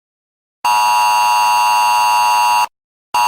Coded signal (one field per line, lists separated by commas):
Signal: Emergency Alert System (SAME) tones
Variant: 853 and 960 Hz attention tone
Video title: EAS tornado warning Aug 10 2025